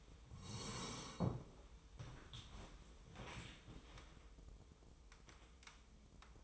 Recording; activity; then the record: daily activity, microphone in the room; sit down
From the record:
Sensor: 1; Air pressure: 1005.4 hPa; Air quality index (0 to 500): 123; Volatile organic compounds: 5 ppm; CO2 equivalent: 1723 ppm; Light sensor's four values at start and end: 11/26/10/11 and 11/27/11/12